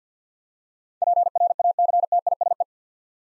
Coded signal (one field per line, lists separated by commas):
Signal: Morse code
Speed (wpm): 50 wpm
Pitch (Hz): 700 Hz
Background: none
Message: PRACTISE